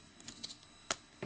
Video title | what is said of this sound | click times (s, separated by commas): Power Core Combiners SKYBURST | that back until it goes a little click and then push it back until it goes a little click push it back click and click | 0.9 s